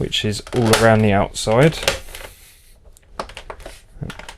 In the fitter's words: can obviously hear them snapping back into place again